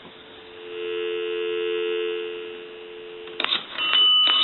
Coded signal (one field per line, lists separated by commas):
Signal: telephone call progress tone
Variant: North America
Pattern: dial tone